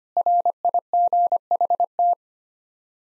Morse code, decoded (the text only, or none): RIGHT